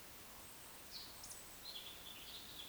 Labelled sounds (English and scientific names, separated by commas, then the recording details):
Eurasian Woodcock (Scolopax rusticola) whistle, Eurasian Woodcock (Scolopax rusticola) croak
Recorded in Baden-Württemberg, Germany, on 2 June 2021 at 19:51 UTC
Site 25832, 648 m above sea level